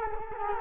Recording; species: mosquito wingbeat signal from an infrared sensor; Culex quinquefasciatus